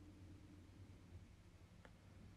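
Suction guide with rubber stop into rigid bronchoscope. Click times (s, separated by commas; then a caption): 1.9 s. A suction guide with a rubber stop is pushed into a rigid bronchoscope and seats with a single short, sharp click at 1.8 s. The click stands out over a steady low hum, confirming the guide is inserted and clicked in place.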